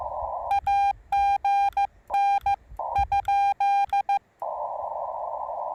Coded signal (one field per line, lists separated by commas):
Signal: Morse code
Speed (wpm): 14 wpm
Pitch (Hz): 800 Hz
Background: none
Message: AGN ?